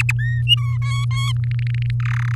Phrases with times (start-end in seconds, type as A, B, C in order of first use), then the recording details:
0.00-0.12 A, 0.19-0.43 B, 0.47-0.78 C, 0.82-1.32 D, 1.36-1.91 E, 2.00-2.35 F. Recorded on 7 May 2018 at 16:03. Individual llb16